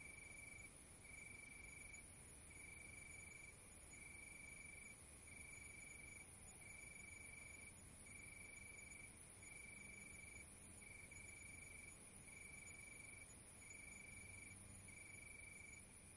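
Cricket chirping: rhythmic high-pitched trills about a second long, repeated with short gaps throughout, over a steady hiss and low background rumble.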